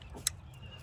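An electrical connector is plugged onto an ignition coil on a 2009 Mazda 6 2.5-liter engine during misfire troubleshooting. A single sharp, bright click at 0.3 s stands out over a low background hum as the connector latches and seats.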